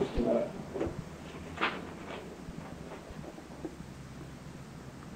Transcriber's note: sounds of papers being handled